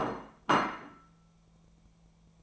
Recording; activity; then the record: daily activity, microphone in the room; place plate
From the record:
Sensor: 1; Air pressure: 1000.3 hPa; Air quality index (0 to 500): 143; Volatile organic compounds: 3 ppm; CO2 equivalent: 1346 ppm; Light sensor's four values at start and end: 30/74/32/38 and 30/75/32/38